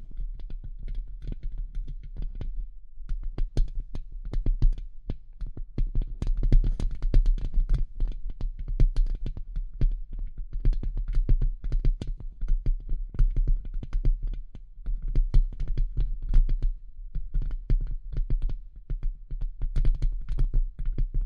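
Dense, irregular tapping and scratching clicks run throughout over a steady low hum, busiest in the middle, with brief thinner patches around three and fifteen seconds.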